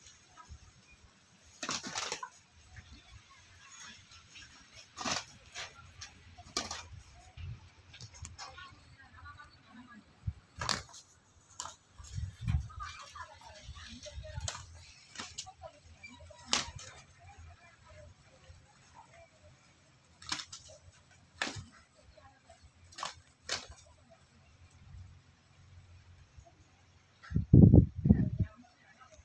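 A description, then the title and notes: Two chickens scuffle, a rooster and a hen, with sharp, scattered snaps and pecks through the whole clip, sometimes in quick clusters. Low, muffled thumps of flapping swell now and then, most clearly near 12 seconds, and a heavy, loud burst comes near the end. Battle of Rooster & Hen. Two chickens are fighting. So, I took a video by my phone camera.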